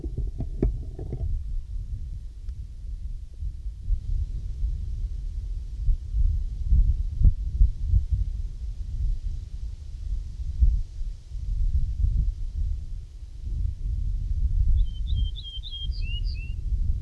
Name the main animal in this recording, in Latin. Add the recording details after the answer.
Emberiza hortulana. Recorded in the wild. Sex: male. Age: adult. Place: Walsrode, Lüneburger Heide, Niedersachsen, DE. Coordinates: 52.8667, 9.58333. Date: 1970-05-24. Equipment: Uher 4000 Report-S, Bändchenmikro Beyer M 260, Parabolspiegel Polyester (470 mm). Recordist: Conrads, Klaus. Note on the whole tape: Männchen (Walsrode 3): Gesang